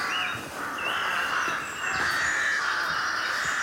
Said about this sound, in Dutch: Hoor eens die kraaien. Die zitten hierboven.